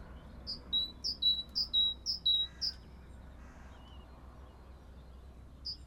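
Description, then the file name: Great tit song: one run of several clear, high-low two-note phrases, then silence, and a single high note starting again at the end. "acclivity greattit"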